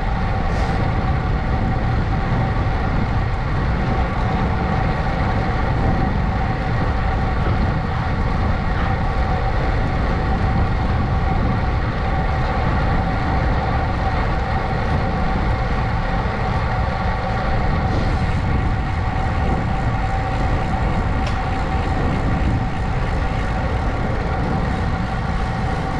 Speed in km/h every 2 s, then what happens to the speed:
29, 29, 29, 29, 29, 29, 27, 27, 26, 26, 24, 24, 23.
0-26 steady at about 27.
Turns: none.